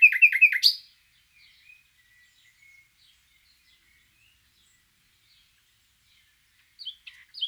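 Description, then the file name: Common nightingale song: a brief loud burst of rapid notes at the start, long quiet stretch with faint whistles, then a few sharp notes near the end. "Luscinia megarhynchos"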